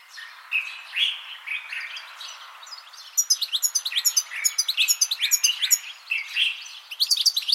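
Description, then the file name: European goldfinch twittering, starting with soft nasal calls, then a fast run of high tinkling notes and trills that continues to the end. "Carduelis carduelis"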